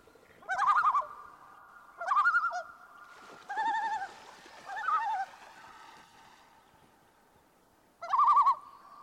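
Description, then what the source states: Common Loon tremolo: five short, rapidly wavering laughing bursts, each under a second, spaced irregularly with a longer pause before the last. Tremolo call, which seems to be used to express alarm or distress.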